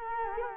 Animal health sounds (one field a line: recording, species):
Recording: mosquito wingbeat signal from an infrared sensor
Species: Culex quinquefasciatus